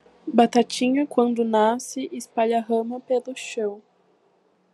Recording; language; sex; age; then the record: short text; Brazilian Portuguese; female; 20 to 29 years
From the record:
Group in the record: control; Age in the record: 20 years